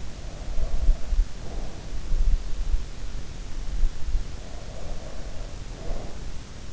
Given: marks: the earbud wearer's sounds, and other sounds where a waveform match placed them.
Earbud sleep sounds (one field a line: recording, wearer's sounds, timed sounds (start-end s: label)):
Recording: sounds in sleep by an in-ear microphone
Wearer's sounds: breath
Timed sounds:
0.00-2.19 s: breath
4.36-6.66 s: breath